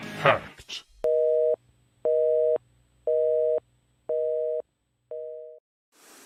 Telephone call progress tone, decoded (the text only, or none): busy tone